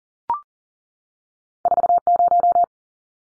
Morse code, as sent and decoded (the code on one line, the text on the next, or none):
....- -----
40